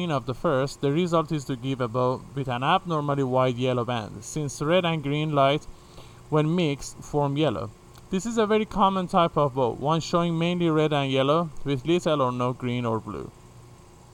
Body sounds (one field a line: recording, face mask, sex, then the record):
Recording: reading aloud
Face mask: none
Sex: male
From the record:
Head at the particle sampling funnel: facing it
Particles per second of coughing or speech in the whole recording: 2.9